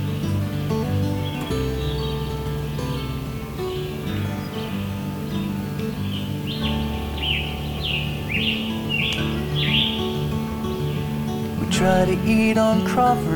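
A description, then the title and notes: Scarlet Tanager and other songbirds sing over a steady, dense low hum that runs the whole time. Mid-pitched slurred phrases come in a quick series from about six to ten seconds, and a cluster of sharp clicks and brighter calls arrives near twelve seconds. A Sore Sounding Song (Scarlet Tanager). As the hike to Hector Falls continues, Scarlet Tanagers and many other songbird species are encountered.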